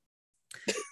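After a brief silence comes a single short, harsh cough burst from an adult, lasting under half a second, with a rough hiss and a voiced middle. It is one isolated cough, part of a lingering cough, in a small quiet room.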